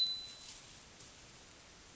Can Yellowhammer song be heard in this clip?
no